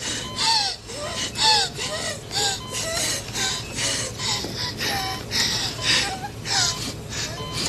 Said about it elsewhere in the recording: Depicting a woman, a young woman, suffering from COVID. The ad shows the woman in a hospital bed with wires coming out of everywhere. She's gasping. You'll hear the gasping and the whinging and the complaining and the crying. It's just a woman on a pillow, looking like she can't breathe.